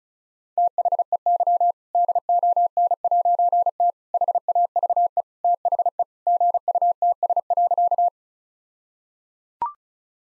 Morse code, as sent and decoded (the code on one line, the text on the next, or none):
- .... . -.-- / -.. --- -. .----. - / .... .- ...- . / - .... . / --. ..- - ... .-.-.-
THEY DON'T HAVE THE GUTS.